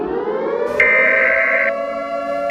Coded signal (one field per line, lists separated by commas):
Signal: Emergency Alert System (SAME) tones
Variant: header bursts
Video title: Great Lakes Bomb (EAS SHORT)